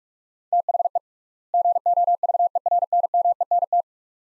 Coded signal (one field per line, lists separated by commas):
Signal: Morse code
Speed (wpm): 46 wpm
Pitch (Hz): 700 Hz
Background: none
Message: THE GOVERNMENT